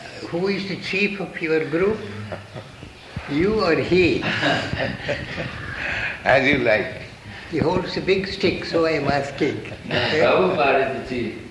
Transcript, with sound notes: Who is the chief of your group? You or he?
[laughter] As you like.
He holds a big stick, so I'm asking.
Prabhupāda is the chief.